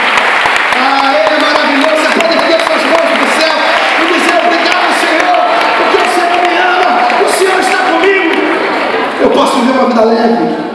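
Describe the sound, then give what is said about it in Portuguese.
A church audience applauds the Lord for a Bible verse, clapping steadily for about ten seconds, dense clapping blended with loud cheers, whoops and shouting voices, sustained at a constant level throughout. “Você pode aplaudir o Senhor por esse versículo maravilhoso, esse capítulo maravilhoso da Bíblia.”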